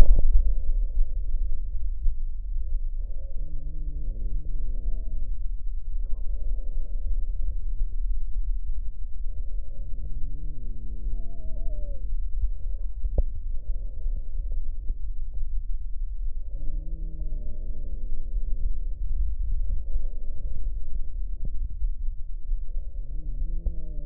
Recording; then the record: lung sounds by stethoscope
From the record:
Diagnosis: emphysema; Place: left posterior upper chest